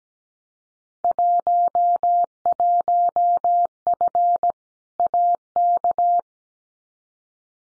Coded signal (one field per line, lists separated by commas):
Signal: Morse code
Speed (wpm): 17 wpm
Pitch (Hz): 700 Hz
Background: none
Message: 11F AK